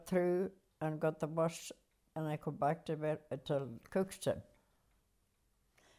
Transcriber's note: none